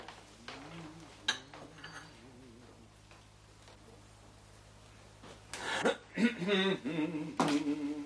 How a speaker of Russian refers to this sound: Он открывает двери в столовую, проходит, останавливается и смотрит на горничную, убирающую посуду.